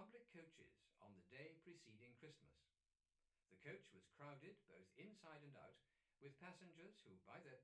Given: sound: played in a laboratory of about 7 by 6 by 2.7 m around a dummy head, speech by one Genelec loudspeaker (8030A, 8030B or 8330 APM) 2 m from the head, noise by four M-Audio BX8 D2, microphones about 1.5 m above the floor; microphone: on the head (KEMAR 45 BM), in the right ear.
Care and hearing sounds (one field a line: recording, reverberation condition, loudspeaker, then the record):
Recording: male speech in English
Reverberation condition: low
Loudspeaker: 90 degrees to the left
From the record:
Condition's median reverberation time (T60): about 310 ms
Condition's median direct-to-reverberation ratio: about 3.5 dB